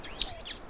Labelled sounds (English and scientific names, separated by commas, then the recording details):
Stitchbird (Notiomystis cincta) song
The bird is a male
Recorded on Tiritiri Matangi Island, New Zealand, in 2005
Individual 9, of nest box 11